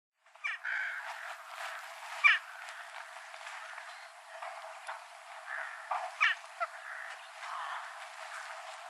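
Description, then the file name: Daurian jackdaw giving a few abrupt sharp calls at irregular intervals, with quieter chattering notes in between. Recorded at Kuroda, Aomori, Japan, on 10 April 2013. "kokumaru aomori kuroda"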